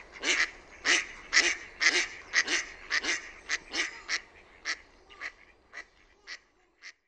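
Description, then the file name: Mallard giving a long run of loud nasal quacks, about two per second, gradually fading and spacing out toward the end. "SINISORSA"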